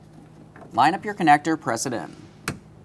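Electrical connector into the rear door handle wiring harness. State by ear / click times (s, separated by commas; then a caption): seated / 2.5 s. Someone talks while an electrical connector is lined up and pressed in by hand into the rear door handle wiring harness of a 2003-2008 Toyota Corolla 1.8L L4. A sharp plastic click sounds at 2.5 s as the connector seats, and a light tug then confirms it is secured.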